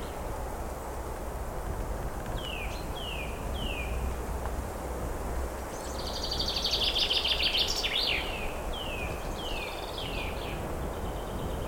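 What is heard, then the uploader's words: Birds call over a steady low outdoor rumble, with a trio of descending chirps near three seconds and a busier burst of song from six to eight. Birds Chirping. Bird Song, Forest Sounds.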